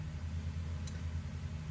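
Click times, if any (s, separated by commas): 0.9 s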